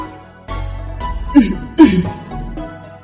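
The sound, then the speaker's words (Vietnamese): A man gives a couple of dry, rasping coughs and throat clears, two sharp bursts about half a second apart, with low voiced rumbling around them. “Triệu Phổ ho khan một tiếng”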